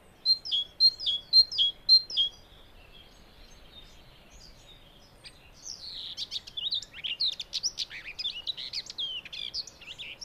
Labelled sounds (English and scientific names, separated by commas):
Common Whitethroat (Sylvia communis) song